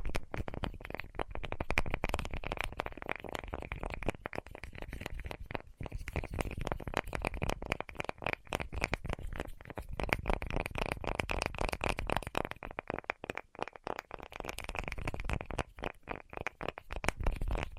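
Rapid tapping runs continuously for the whole stretch, dense fingertip strikes blurring into a fast, uneven patter. The taps sound fairly dull and low-to-mid in tone, with a few brief dips and near-pauses around six and thirteen seconds before the flurry resumes.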